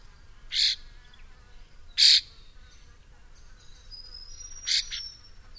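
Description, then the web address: Bird calls: a few short, rasping notes, with a thin, steady high whistle running under the last ones. "Deverinetal 2025. Bird Only"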